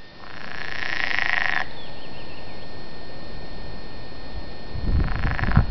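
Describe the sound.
Frog croaking, low and rumbling, with a buzzy higher band at first and stronger croaks near the end.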